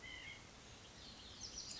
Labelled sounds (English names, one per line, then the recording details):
White-breasted Nuthatch
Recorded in Sonoma County, California